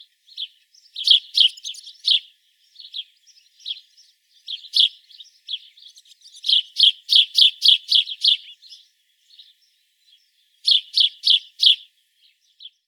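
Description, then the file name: House sparrow chirps: loud clustered bursts of sharp repeated chirps with pauses between, and softer chirps in the gaps. "Passer domesticus"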